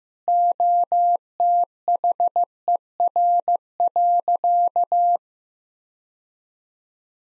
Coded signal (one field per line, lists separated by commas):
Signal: Morse code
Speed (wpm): 15 wpm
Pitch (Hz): 700 Hz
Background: none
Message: OTHER.